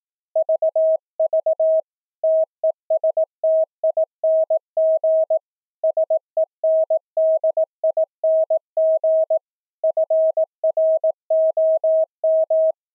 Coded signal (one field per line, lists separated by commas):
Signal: Morse code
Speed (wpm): 18 wpm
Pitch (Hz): 640 Hz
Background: none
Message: VV TESTING SENDING FROM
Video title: Secure Reliable Transport Protocol(SRT) for a Full Duplex Morse Code Audio over iP QSO - LIVE DEMO